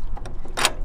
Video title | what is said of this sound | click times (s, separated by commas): Corsair 880 Trimaran COMPLETE TECHNICAL TOUR | when you want to lock it into place you just stick the thing right into there and locks in place | 0.7 s